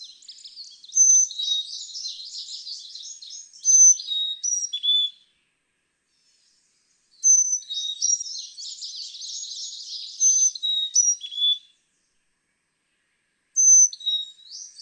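Carolina chickadee giving long bouts of whistled high-low notes set in buzzy twittering chatter, each bout separated by a few seconds of silence.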